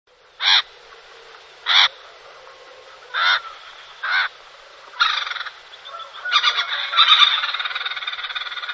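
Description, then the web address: Great Spotted Cuckoo giving several harsh, noisy bursts, then breaking into a rapid rattling, chattering series. "chant jean roche coucou geai"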